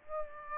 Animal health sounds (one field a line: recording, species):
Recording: mosquito wingbeat signal from an infrared sensor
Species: Aedes aegypti